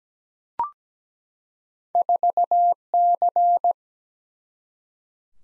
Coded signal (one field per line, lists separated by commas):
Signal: Morse code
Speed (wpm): 17 wpm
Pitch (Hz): 700 Hz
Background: none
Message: 4C